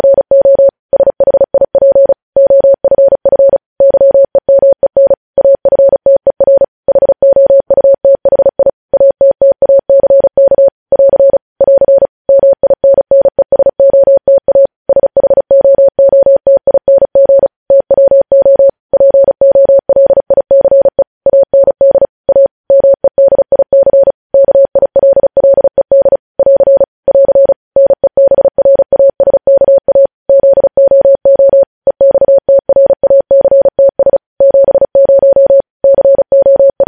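Morse code sent as a single steady mid-pitched beep, switched on and off in quick short and long bursts with brief silences between characters. The keying runs continuously for the whole stretch at an even, brisk pace, clean and close, with no other sounds behind it.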